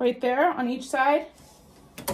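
A plastic embroidery hoop holding hooped hoodie fabric is handled at an embroidery machine's hoop arm, being guided under the two side tabs. Someone talks, then after a quiet stretch two short knocks land near 2.0 and 2.1 seconds. Nothing has locked or seated into place yet.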